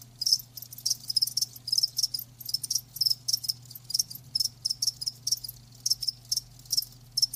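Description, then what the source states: Cricket chirping, shrill pulsed bursts about three per second, steady and rhythmic, over a faint low background hum. Crickets chirping, presented as lulling sleep sounds.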